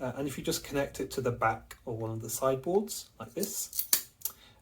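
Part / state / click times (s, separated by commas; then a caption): plastic back board into robot car side board / seated / 4.2 s. Someone talks while the plastic back board of a robot car kit chassis, a rectangular piece with two round holes, is pushed onto one of the plastic side boards. A sharp, short click sounds at 4.3 s as it snaps in, the satisfying click that shows the part is securely in place.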